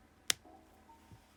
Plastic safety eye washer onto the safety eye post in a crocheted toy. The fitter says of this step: until you hear a click